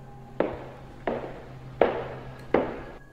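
Four slow, evenly spaced hollow clacks of wooden clogs on a hard floor in a hallway, each a sharp knock with a short ringing tail, over a faint steady hum.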